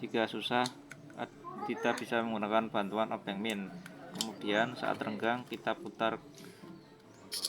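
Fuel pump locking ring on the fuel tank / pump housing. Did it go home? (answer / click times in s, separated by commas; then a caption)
released / 7.4 s. Someone talks while the plastic locking ring on a Honda Beat Fi motorcycle's fuel pump, on the fuel tank and pump housing, is loosened with a screwdriver and turned. A click is heard at 7.4 seconds as the ring clicks open, releasing it so it can be pulled free.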